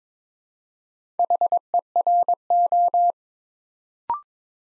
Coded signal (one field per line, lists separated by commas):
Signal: Morse code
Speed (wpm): 22 wpm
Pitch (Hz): 700 Hz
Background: none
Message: HERO